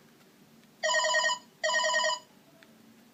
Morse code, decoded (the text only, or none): none